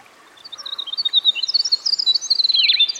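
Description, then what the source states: Winter wren singing a fast, high, bubbling cascade of notes and trills that builds after half a second and runs to the end, over a quiet hiss. Recorded by a stream.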